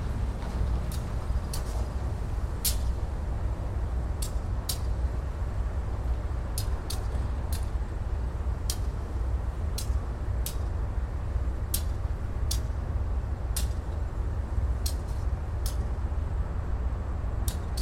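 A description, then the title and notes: Steady low rumble of vehicles near a train yard, with sharp metallic clicks or taps every second or so over the droning background. Train Yard Near Road.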